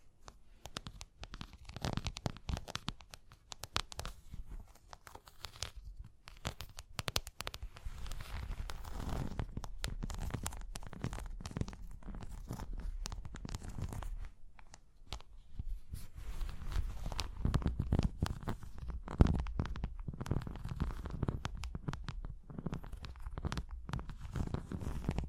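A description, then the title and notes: Tapping and scratching, made of dense clusters of short dry hits and rough scraping strokes that run almost without pause for the whole stretch. The sounds are mostly low and thuddy with crisp bright edges, and one sharper knock lands around nineteen seconds. Tapping and Scratching (No Talking).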